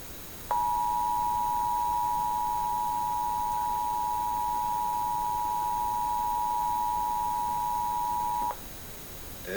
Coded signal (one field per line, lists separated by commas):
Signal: Emergency Alert System (SAME) tones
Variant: 853 and 960 Hz attention tone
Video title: Second National Emergency Alert System Test - September 28, 2016 2:20 PM DISH/WNEP